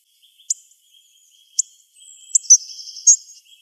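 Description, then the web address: Hawfinch calls: sharp high ticks, then a louder buzzy trilling sound overlapping them, with a faint continuous high tone underneath. Atlas survey 2004–2008, Ille-et-Vilaine, France. "go 35 atlas grosbec"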